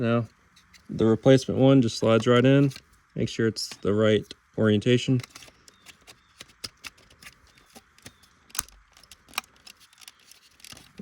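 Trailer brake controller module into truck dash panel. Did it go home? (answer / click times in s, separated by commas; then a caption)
yes / 8.6 s, 9.4 s. Someone talks while a replacement plastic trailer brake controller module is slid into its dash opening in a 2014–2018 GM truck or SUV, in the right orientation. After a few faint ticks, two sharp clicks at 8.6 s and 9.4 s mark the module snapping into place, and it is seated.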